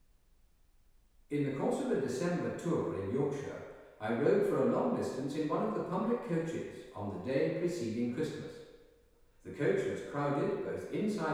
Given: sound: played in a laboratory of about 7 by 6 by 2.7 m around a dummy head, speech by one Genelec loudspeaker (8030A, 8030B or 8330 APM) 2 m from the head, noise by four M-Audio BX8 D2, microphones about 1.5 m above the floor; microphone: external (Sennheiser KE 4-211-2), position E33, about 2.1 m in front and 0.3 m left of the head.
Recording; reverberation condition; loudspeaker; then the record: male speech in English; high; 90 degrees to the left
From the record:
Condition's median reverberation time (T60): about 1300 ms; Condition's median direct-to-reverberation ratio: about -4.0 dB